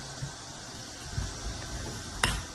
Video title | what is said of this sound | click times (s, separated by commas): 空调铜管怎么扩喇叭口才不会漏氟？教你个小技巧，这样永远不会漏 | We twist this by hand, just until we hear a click. Prove that our bell mouth is ready Twist it so fast | 2.2 s